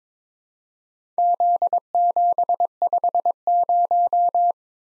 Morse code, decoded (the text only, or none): Z750